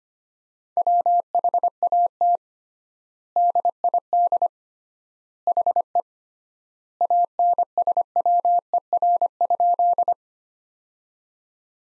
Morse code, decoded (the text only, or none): WHAT DID HE ANSWER?